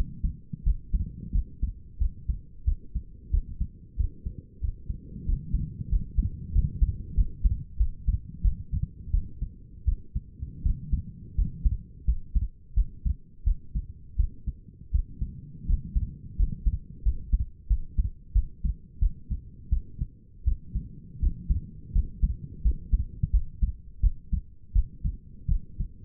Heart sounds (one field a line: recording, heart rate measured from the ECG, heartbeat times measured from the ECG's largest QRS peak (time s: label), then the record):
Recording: heart sounds by stethoscope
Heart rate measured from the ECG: 87 bpm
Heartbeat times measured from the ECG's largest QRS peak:
0.64 s: heartbeat
1.32 s: heartbeat
1.99 s: heartbeat
2.65 s: heartbeat
3.31 s: heartbeat
3.97 s: heartbeat
4.61 s: heartbeat
5.26 s: heartbeat
5.90 s: heartbeat
6.53 s: heartbeat
7.15 s: heartbeat
7.78 s: heartbeat
8.42 s: heartbeat
9.11 s: heartbeat
9.85 s: heartbeat
10.63 s: heartbeat
11.36 s: heartbeat
12.05 s: heartbeat
12.75 s: heartbeat
13.44 s: heartbeat
14.17 s: heartbeat
14.92 s: heartbeat
15.67 s: heartbeat
16.37 s: heartbeat
17.03 s: heartbeat
17.68 s: heartbeat
18.33 s: heartbeat
19.00 s: heartbeat
19.70 s: heartbeat
20.45 s: heartbeat
21.20 s: heartbeat
21.93 s: heartbeat
22.62 s: heartbeat
23.31 s: heartbeat
24.01 s: heartbeat
24.73 s: heartbeat
25.49 s: heartbeat
From the record:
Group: healthy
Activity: rest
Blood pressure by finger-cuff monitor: 135/86 mmHg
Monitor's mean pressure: 102 mmHg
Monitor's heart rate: 87 bpm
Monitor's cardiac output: 6.3 L/min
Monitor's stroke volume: 72 mL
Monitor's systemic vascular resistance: 1180 dyn s/cm5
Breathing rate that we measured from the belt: 11 breaths a minute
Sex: female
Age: 37 years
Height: 168 cm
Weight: 70 kg